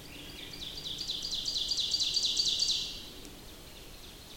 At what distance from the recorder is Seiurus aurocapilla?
about 35 m